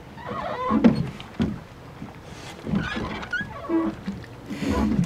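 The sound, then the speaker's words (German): A rowboat pulls away from a jetty to head upstream on a river, with repeated splashing oar strokes and creaks, water sloshing between irregular bursts, moderately loud with no one speaking. “Dann rudern wir mal los.”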